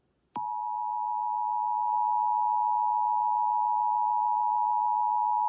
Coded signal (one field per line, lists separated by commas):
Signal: Emergency Alert System (SAME) tones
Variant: 853 and 960 Hz attention tone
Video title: Terror Dogs: An EAS Horror Scenario (Non Age-Restricted Version)